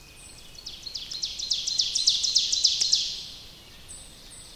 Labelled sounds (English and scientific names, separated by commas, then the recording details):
Ovenbird (Seiurus aurocapilla) song
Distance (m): 50 m
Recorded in boreal forest in Alberta, Canada, on 29 May 2016 at 07:25
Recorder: SongMeter 3, array SBT-3-49
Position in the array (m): 55 m, 262 m
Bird 14